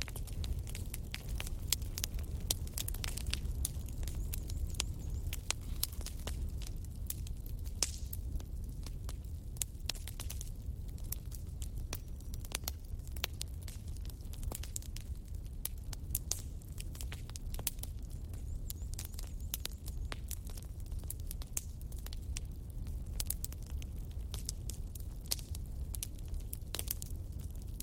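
A campfire crackles and pops steadily for the whole stretch, with dense, irregular sharp snaps scattered every fraction of a second. Beneath the crackling runs a deep, soft rumble of burning wood and outdoor air, steady.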